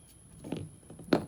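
A rear backup camera on a Ford F150 is worked free from its tailgate housing bracket at the bottom side of the plastic housing. A few small knocks come first, then the camera's retaining clip lets go with a sharp click at 1.1 s, releasing the camera.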